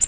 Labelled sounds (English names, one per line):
Nashville Warbler flight call